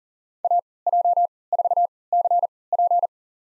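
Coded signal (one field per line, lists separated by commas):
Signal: Morse code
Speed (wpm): 40 wpm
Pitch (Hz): 700 Hz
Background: none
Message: AJ4CP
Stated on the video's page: Farnsworth-timed Morse practice of 5-character USA call signs at 40 wpm with 3x character spacing, for head-copy drill.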